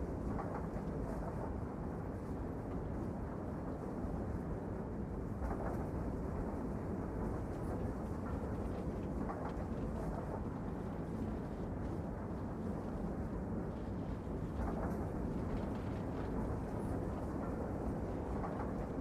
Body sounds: background sound without coughing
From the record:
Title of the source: Train Ride Ambience ambient white noise for sleeping, focus, studying, reading

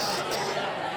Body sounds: coughing mixed with background sound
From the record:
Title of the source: November cold (wet coughing)

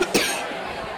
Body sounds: coughing mixed with background sound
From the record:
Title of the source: 64 coughing, allergies, singing lungs

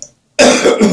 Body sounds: coughing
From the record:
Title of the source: Spring Cold Coughing 3

